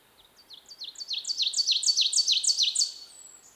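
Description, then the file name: Ovenbird singing a rhythmic, ringing phrase repeated quickly and growing in volume across three seconds, then ending sharply; quiet background. "Seiurus aurocapilla - Ovenbird"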